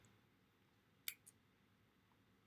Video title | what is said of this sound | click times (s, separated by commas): Live Unboxing - Fujifilm X-T4 | well and it is locked properly so I will just make sure that | 1.1 s